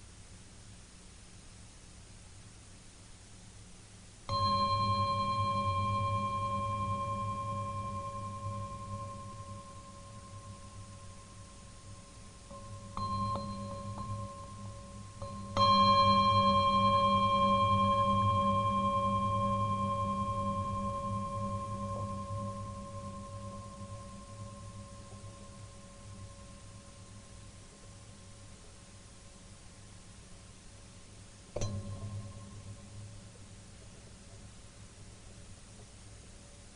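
Bell tones ring out in separate strikes, at about 4 seconds, a softer one near 13 seconds and a strong one at 15 seconds, each holding a bright steady pitch over a low hum and fading slowly. A short sharp knock lands near 31 seconds, with quiet gaps between.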